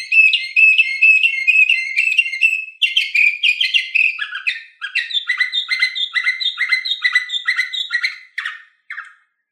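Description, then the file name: Canary song: fast ringing trills shifting into lower, choppy repeated syllables, each phrase a quick series of sharp chirps before fading out. Orpheus V3 canary recording. "kn orpheus v 3 omkicau"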